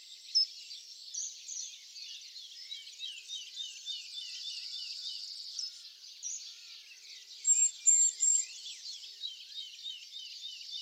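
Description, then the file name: Eurasian blue tit call, a quick burst of three high, thin notes late, over a continuous busy chirping background. "Cyanistes caeruleus"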